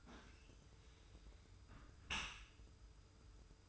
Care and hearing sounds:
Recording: daily activity, microphone in the room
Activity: close dishwasher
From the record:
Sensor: 2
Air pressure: 991.2 hPa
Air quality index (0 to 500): 142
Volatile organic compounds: 286 ppm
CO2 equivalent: 4449 ppm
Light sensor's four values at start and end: 40/115/45/43 and 40/115/45/43

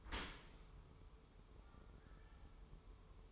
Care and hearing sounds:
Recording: daily activity, microphone in the room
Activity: open dishwasher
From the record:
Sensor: 1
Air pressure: 1015.0 hPa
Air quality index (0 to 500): 24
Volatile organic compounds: 0 ppm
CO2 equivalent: 499 ppm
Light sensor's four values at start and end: 13/30/12/13 and 13/30/12/13

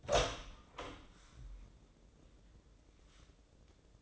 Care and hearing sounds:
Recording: daily activity, microphone in the room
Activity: open door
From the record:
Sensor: 3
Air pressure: 1012.3 hPa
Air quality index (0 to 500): 178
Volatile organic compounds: 3 ppm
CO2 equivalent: 1358 ppm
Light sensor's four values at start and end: 564/1402/579/592 and 564/1401/578/591

